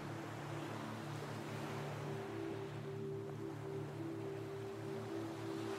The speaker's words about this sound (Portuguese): Daqui de cima, você pode ver as ondas indo e vindo, indo e vindo.